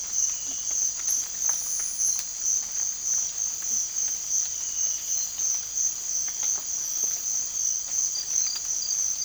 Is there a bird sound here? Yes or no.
no